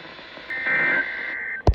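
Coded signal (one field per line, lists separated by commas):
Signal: Emergency Alert System (SAME) tones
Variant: end-of-message bursts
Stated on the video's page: Real EAS alerts compiled from a severe weather outbreak in the Mid-Atlantic.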